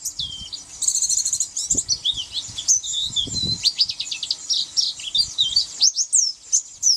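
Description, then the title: White-eye: high, fast twittering and thin chirps over some low rustling noise. "Pleci"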